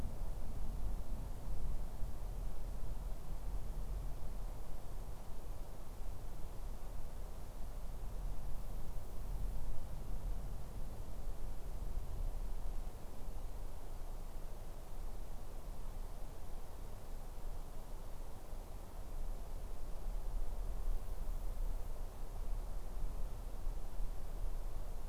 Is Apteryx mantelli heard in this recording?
no